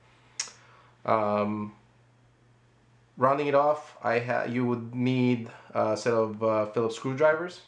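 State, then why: Seated. A plastic ball link is pressed onto the metal ball of a control rod setup tool for an RC helicopter and snaps on with a single sharp click at 0.4 s, seating the link. After that, someone talks.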